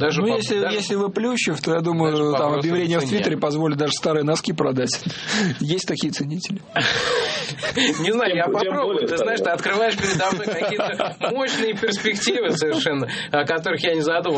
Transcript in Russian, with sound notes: Ну, если вы – Плющев, то, я думаю, объявление в Твиттере позволит даже старые носки продать. Есть такие ценители.
(смех) Не знаю, я попробую. Ты знаешь, ты открываешь передо мной какие-то мощные перспективы совершенно, о которых я не задумывался.